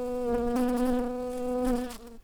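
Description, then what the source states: Shrill carder bee buzzing, a steady droning hum with rich harmonics, briefly wavering in loudness before cutting off near the end. Workers.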